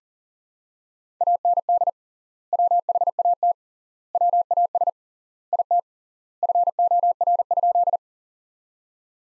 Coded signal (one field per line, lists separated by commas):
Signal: Morse code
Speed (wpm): 40 wpm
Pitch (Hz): 700 Hz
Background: none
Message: AND WHAT WAS IT FOR?